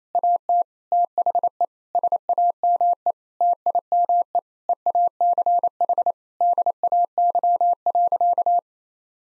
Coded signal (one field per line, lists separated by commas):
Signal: Morse code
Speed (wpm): 28 wpm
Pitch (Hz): 700 Hz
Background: none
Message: AT THE SAME TIME EACH DAY.